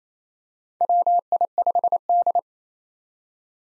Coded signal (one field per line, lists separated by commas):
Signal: Morse code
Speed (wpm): 28 wpm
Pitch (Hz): 700 Hz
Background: none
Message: WI5D